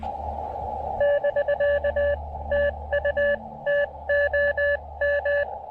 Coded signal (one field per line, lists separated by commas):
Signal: Morse code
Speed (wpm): 20 wpm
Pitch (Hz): 1700 Hz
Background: none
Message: <BK> TU TOM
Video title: Portable POTA QRP DXing: Pairing the TufteIn Random Wire and Elecraft KX2 at Parc Cartier Roberval